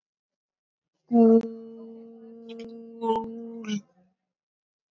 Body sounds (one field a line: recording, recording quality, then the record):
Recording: sustained vowel as in boot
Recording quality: excellent, no background noise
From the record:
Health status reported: COVID-19 positive, mild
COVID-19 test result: positive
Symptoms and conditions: none ticked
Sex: female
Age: 37 years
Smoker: not ticked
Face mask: worn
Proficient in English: yes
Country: India